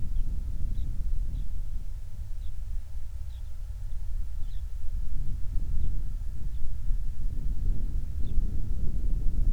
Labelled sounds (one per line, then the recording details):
songbird
wind
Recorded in the Prudhoe Bay oil fields, Alaska, on 28 July 2019 at 05:21
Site 25